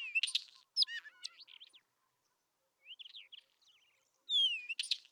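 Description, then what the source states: Isabelline wheatear song: varied phrases of harsh chattering and sliding whistles, a pause of about a second, then quieter warbled notes and a loud whistled, buzzy phrase. Recorded at Telmen Nuur.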